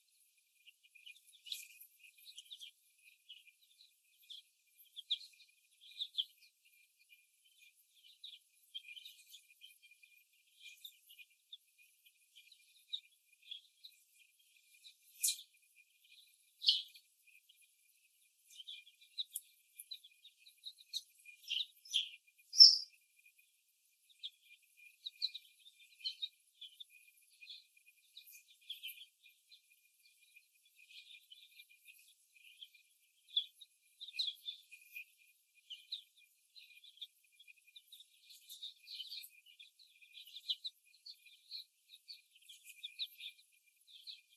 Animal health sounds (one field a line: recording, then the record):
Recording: young laying hens in a cage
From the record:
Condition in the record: before the stressor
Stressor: simulated dog barking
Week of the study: 1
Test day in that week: 1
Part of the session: 3